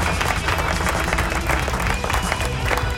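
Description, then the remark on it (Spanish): A recorded applause sound effect: a steady burst of crowd applause, dense and loud, many hands clapping in a continuous wash of sharp claps for about three seconds without pause. “¿Y para qué yo le pongo aplauso a eso?”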